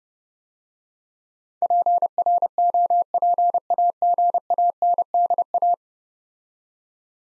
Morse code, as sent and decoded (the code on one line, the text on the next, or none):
.--. .-. --- .--. .- --. .- -. -.. .-
PROPAGANDA